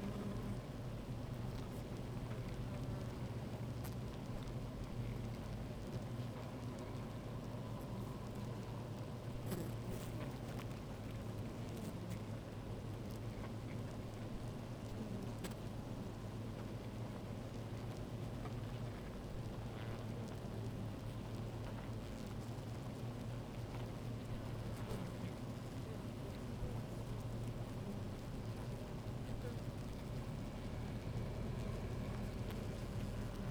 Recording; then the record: honeybee colony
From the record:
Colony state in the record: active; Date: 28 July 2017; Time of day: 16:19